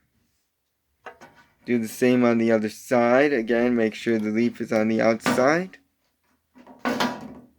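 A plastic leaf brick is handled against the other side of a toy brick figure's leg while someone talks. A short knock sounds near 1.1 s and a brief clatter near 6.9 s. Nothing has clicked into place yet.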